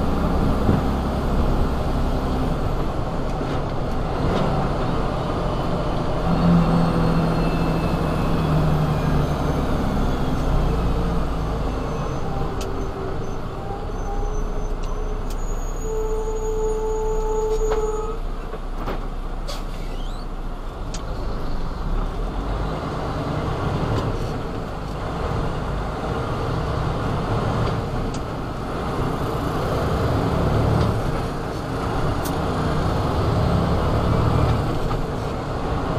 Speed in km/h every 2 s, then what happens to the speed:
52, 48, 48, 47, 42, 31, 23, 16, 6, 0, 0, 6, 10, 11, 11, 15, 18, 21.
0-17 slows to 0. 17-21 standing. 21-23 pulls away to 10. 23-28 steady at about 11. 28-36 speeds up to 21.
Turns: none.